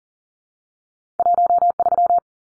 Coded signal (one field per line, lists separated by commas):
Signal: Morse code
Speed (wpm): 40 wpm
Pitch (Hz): 700 Hz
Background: none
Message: 13